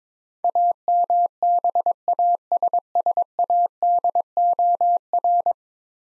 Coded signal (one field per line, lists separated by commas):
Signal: Morse code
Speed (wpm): 23 wpm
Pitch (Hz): 700 Hz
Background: none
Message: AMBASSADOR